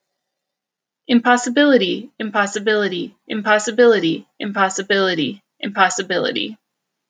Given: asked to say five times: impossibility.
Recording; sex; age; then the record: repeated word; female; 30 to 39 years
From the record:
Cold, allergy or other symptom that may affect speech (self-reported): no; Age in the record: 38 years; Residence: Illinois, United States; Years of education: 16